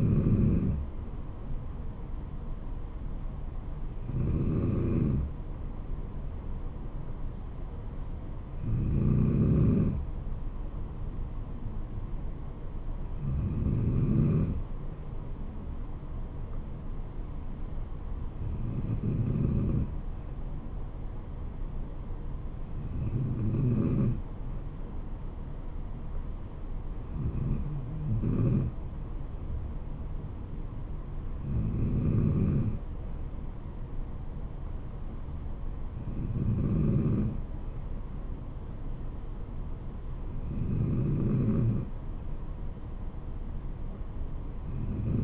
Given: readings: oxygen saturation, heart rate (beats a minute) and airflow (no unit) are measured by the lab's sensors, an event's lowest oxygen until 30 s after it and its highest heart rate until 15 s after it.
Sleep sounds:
breathing in sleep by a smartphone at the bedside; none
none scored
From the record:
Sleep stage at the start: N2 (light sleep); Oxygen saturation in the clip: 93 to 94%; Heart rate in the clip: 64 to 74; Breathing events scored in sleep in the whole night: 426 in 7.4 hours asleep

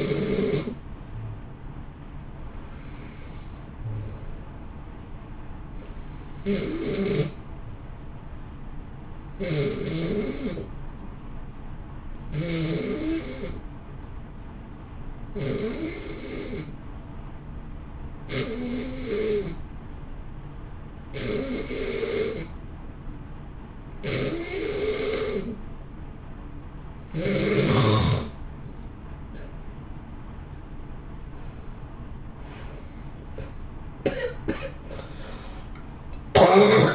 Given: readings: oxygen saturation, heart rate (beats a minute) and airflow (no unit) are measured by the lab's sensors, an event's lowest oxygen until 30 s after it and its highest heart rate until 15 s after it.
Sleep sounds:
breathing in sleep by a smartphone at the bedside; 1
14.00-31.80 s: hypopnea (N2, oxygen 90% highest, then 84% lowest, heart rate 58 at the start, 74 highest)
32.00-36.95 s: new sleep stage, N1 (lightest sleep)
From the record:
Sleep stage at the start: N2 (light sleep); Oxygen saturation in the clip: 85 to 90%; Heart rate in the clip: 58 to 67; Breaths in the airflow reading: 12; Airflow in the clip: -1.4 to 2.5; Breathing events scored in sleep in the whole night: 328 in 6.3 hours asleep

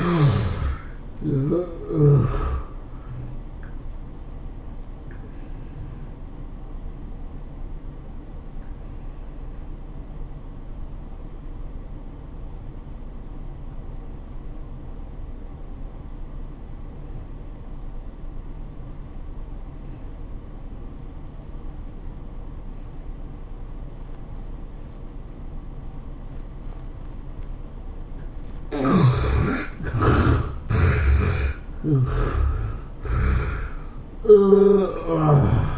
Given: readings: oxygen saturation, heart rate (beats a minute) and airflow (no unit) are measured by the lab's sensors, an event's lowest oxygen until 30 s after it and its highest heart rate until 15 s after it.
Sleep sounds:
breathing in sleep by a smartphone at the bedside; 1
7.00-35.78 s: new sleep stage, N1 (lightest sleep)
8.00-29.10 s: obstructive apnea (N1, oxygen 96% highest, then 72% lowest, heart rate 97 at the start, 107 highest)
From the record:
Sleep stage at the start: N2 (light sleep); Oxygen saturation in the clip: 74 to 96%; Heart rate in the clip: 86 to 104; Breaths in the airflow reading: 5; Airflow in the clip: -16.3 to 14.7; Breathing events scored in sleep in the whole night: 403 in 5.5 hours asleep

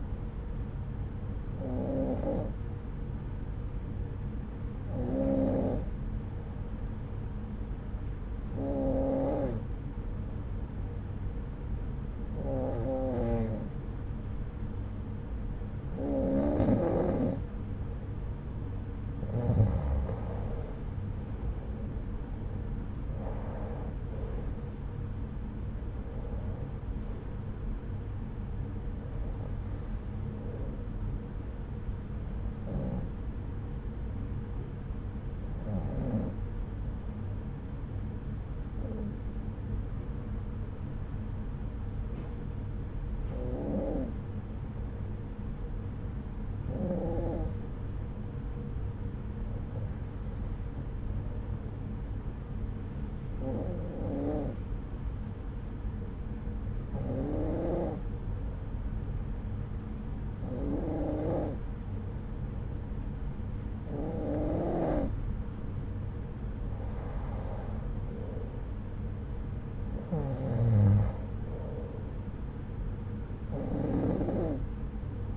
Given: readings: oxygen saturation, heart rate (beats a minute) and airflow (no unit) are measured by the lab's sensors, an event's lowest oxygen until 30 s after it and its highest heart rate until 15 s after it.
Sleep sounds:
breathing in sleep by a smartphone at the bedside; 2
3.00-23.20 s: hypopnea (N2, oxygen 94% highest, then 92% lowest, heart rate 68 at the start, 81 highest)
30.00-60.00 s: new sleep stage, N1 (lightest sleep)
36.00-67.40 s: hypopnea (N1, oxygen 96% highest, then 92% lowest)
60.00-75.37 s: new sleep stage, N2 (light sleep)
From the record:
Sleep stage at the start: N2 (light sleep); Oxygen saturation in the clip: 92 to 96%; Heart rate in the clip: 68 to 81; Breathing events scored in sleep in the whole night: 303 in 8.1 hours asleep

